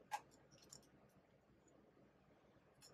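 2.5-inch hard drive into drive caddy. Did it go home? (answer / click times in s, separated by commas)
yes / 0.7 s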